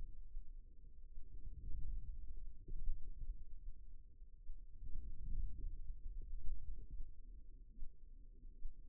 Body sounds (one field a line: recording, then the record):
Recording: forearm muscle sounds (acoustic myography)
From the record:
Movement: outward rotation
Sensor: system 2, bracelet of six BSWA MPA416 microphones around the upper forearm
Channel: 3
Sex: male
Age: 22 years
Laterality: right